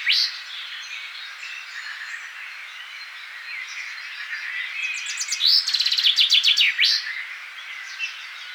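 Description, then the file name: Common chaffinch delivers one cascading phrase of rapid, bright notes ending in a sweeping flourish, preceded by several seconds of quiet, birdsong. "Fringilla coelebs"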